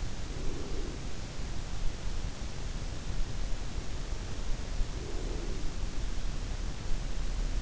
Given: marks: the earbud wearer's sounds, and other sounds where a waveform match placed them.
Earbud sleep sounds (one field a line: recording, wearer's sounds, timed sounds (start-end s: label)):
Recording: sounds in sleep by an in-ear microphone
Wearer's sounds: breath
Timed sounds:
0.00-1.55 s: breath
4.69-6.63 s: breath